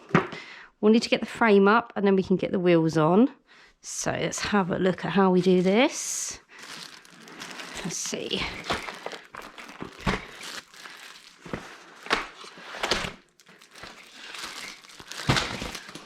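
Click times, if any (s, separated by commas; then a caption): none. Someone talks while handling the folded frame of a Joie Finiti Flex 2 in 1 Signature pushchair, working to unfold it so the fold lock engages, with crinkling and rustling handling noise and several sharp knocks. The clip ends before the frame locks open; nothing has seated or clicked yet.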